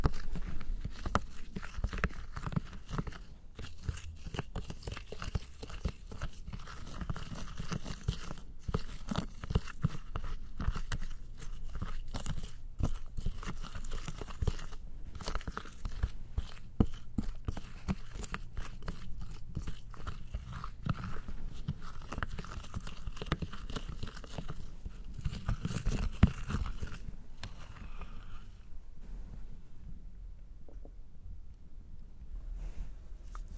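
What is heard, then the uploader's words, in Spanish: Mouth sounds mixed with some hand noises and sticky honey, a dense run of wet clicks, smacks and crackles that keeps going with no steady rhythm. The texture stays busy and fairly even, with occasional sharper pops, then thins out and quiets over the last few seconds. Sonidos de boca y algunos de manos y miel.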